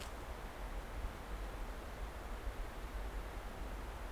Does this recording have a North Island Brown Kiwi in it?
no